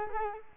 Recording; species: mosquito wingbeat signal from an infrared sensor; Culex quinquefasciatus